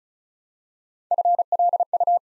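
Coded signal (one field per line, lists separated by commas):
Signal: Morse code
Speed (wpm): 36 wpm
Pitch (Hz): 700 Hz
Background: none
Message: FLU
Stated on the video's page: Build-a-word Morse practice at 35 wpm: 3-letter words copied one letter at a time for instant character recognition.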